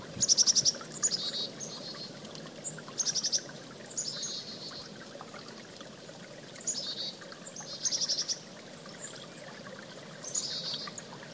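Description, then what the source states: Chickadee calls: repeated groups of high, buzzy notes every second or two, over the constant rush of running water. Recorded at a creek.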